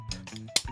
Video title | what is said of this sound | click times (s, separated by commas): Tobot V Small Speed Swag! Review | the foot hood forward until it clicks click | 0.6 s